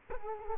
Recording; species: mosquito wingbeat signal from an infrared sensor; Culex quinquefasciatus